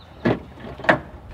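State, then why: Not seated. During a front bumper refit on a Suzuki Carry mini farm truck, an unnamed part is pressed by hand onto the truck body. Two short, broadband handling knocks occur at about 0.3 s and 0.9 s, the second sharper and louder, over low background noise. Nothing has seated or clicked into place yet.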